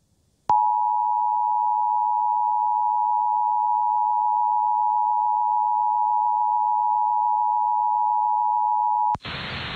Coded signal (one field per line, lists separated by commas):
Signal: Emergency Alert System (SAME) tones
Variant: 853 and 960 Hz attention tone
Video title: July 2021 Oklahoma Required Monthly Test (Subchannel Showcase Part 3) | 7/6/21 | EAS 336-339